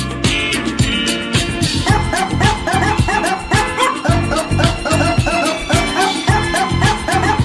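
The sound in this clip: Dog barking: a dense run of snappy barks and yips in quick irregular bursts with little pause between them.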